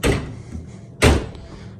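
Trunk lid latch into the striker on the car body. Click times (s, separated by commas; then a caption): 0.0 s. The restored trunk lid of a quarter-century-old Mercedes E55 AMG is closed, and its latch catches the striker on the car body with a solid, clicky sound at 0.0 s. A second, similar broadband thud follows at about 1.0 s, and the lid is latched shut.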